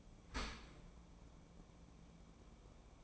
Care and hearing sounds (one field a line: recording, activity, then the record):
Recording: daily activity, microphone in the room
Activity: open dishwasher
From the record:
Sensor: 1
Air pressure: 1012.4 hPa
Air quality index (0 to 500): 172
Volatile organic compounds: 3 ppm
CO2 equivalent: 1404 ppm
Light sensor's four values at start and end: 346/777/349/381 and 347/778/349/382